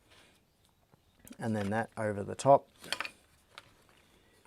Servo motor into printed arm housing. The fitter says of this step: that slides in, snaps into place,